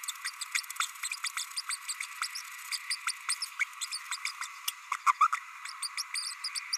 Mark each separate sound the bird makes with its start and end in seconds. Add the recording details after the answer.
0.08-0.12, 0.24-0.31, 0.41-0.45, 0.54-0.61, 0.79-0.86, 1.03-1.08, 1.11-1.16, 1.37-1.44, 1.56-1.61, 1.69-1.76, 1.88-1.94, 2.21-2.28, 2.72-2.77, 2.90-2.96, 3.07-3.12, 3.28-3.35, 3.42-3.45, 3.59-3.65, 3.81-3.87, 3.92-4.00, 4.11-4.17, 4.25-4.32, 4.41-4.47, 4.91-4.96, 5.06-5.12, 5.20-5.27, 5.32-5.36, 5.82-5.88, 5.97-6.03, 6.14-6.34, 6.55-6.60, 6.72-6.77. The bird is a male. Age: 30 days. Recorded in a nest box in Venezuela. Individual 17B32A6